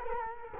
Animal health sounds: mosquito wingbeat signal from an infrared sensor; Culex quinquefasciatus

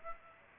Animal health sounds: mosquito wingbeat signal from an infrared sensor; Aedes aegypti

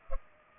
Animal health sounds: mosquito wingbeat signal from an infrared sensor; Culex pipiens

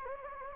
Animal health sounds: mosquito wingbeat signal from an infrared sensor; Anopheles gambiae

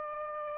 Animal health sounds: mosquito wingbeat signal from an infrared sensor; Aedes aegypti

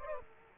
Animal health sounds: mosquito wingbeat signal from an infrared sensor; Aedes aegypti

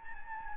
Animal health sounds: mosquito wingbeat signal from an infrared sensor; Anopheles gambiae

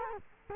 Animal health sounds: mosquito wingbeat signal from an infrared sensor; Culex quinquefasciatus

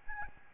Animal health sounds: mosquito wingbeat signal from an infrared sensor; Aedes albopictus

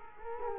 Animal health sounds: mosquito wingbeat signal from an infrared sensor; Culex quinquefasciatus

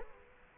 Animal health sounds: mosquito wingbeat signal from an infrared sensor; Culex quinquefasciatus

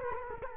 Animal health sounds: mosquito wingbeat signal from an infrared sensor; Culex quinquefasciatus

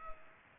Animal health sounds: mosquito wingbeat signal from an infrared sensor; Culex pipiens

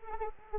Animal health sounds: mosquito wingbeat signal from an infrared sensor; Anopheles arabiensis

